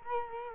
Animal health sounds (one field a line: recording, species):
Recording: mosquito wingbeat signal from an infrared sensor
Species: Culex quinquefasciatus